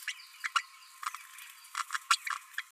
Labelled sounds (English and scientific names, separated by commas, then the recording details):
Green-rumped Parrotlet (Forpus passerinus) babbling
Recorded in a nest box in Venezuela
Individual 18B12A1